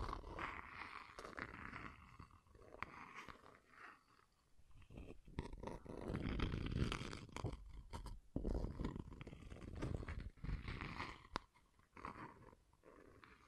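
Scratching and tracing sounds rasp along in dense, uneven strokes, with sharp clicks and scrapes scattered throughout. A rougher, louder stretch swells from about five to eight seconds, then the scratching thins and returns in quicker bursts before trailing off near the end.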